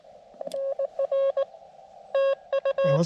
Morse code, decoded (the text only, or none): NR TU